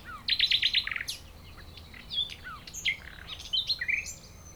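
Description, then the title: Common nightingale song opening with a rapid burst of repeated clicking notes, followed by scattered whistles and chirps, over a steady low hum. Several nightingales singing in Chindrieux, France; recordist a few metres from the foreground singer; a rototiller running in the distance. "195 Rue de Vars, Chindrieux, France - Rossignols"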